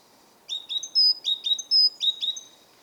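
Great tit song: clear whistled phrase, lower notes then a higher one, repeated three times in about two seconds against near silence.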